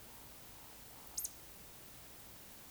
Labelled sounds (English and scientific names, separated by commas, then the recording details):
Eurasian Woodcock (Scolopax rusticola) whistle, Eurasian Woodcock (Scolopax rusticola) croak
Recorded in Baden-Württemberg, Germany, on 31 May 2021 at 20:06 UTC
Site 24606, 635 m above sea level